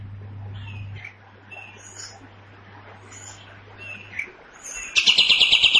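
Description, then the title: Cream-vented bulbul giving soft scattered chirps over a low steady hum, then a loud harsh rattling burst of rapid pulsed notes near the end. Loud, harsh, long song, used to train songbirds. "Pikat Masteran Kapas Tembak. Tembakan Panjang Kapas Tembak Gacor Suara Lantang Kasar"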